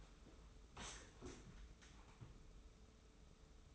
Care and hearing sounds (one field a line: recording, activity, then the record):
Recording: daily activity, microphone in the room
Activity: sit down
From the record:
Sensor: 1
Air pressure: 994.4 hPa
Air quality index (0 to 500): 220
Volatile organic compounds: 1000 ppm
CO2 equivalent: 7872 ppm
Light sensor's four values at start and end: 110/248/111/120 and 100/223/99/105